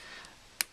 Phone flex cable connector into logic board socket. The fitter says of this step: find its home nice little click there as you heard and then press from top to bottom down to the cable